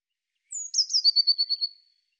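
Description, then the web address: Eurasian blue tit call: a thin, high, falling note followed by a fast trill of about eight notes, over silence. "Deverinetal"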